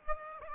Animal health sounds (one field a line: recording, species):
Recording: mosquito wingbeat signal from an infrared sensor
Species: Aedes aegypti